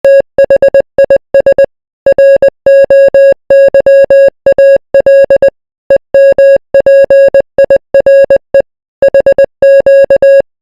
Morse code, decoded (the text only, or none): THIS ROYAL EMPIRE HQ